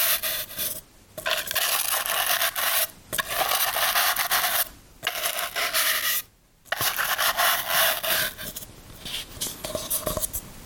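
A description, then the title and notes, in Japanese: Dense brushing and rubbing strokes fill the clip with a bright, scratchy rasp, like tissue dragged. The strokes run in long continuous stretches broken by brief silences near 1, 3, 5 and 6.5 seconds, then resume unevenly toward the end. ブラシASMR ぞわぞわする耳かき。ティッシュでお掃除 Ear Cleaning/BRUSHING。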